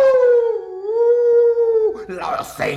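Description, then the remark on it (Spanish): A long wolf howl holds a single pitch, dipping slightly, for about two seconds, then gives way to a brief rough, breathy growl. “¡Soy el lobo y me los comeré!”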